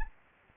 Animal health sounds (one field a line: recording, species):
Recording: mosquito wingbeat signal from an infrared sensor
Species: Anopheles gambiae